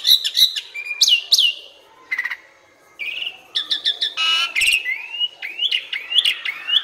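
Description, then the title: Asian pied starling song, a varied jumble of whistled slurs, rattling bursts and sharp chirps, pausing briefly midway before rising whistles repeat toward the end. Training song (masteran) meant to make birds that sing too little and seem listless sing more. "Masteran Jalak Suren Atasi Burung KURANG GACOR Dan LOYO"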